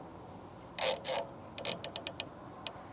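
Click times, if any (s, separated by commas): 0.8 s, 1.7 s, 2.0 s, 2.1 s, 2.2 s, 2.7 s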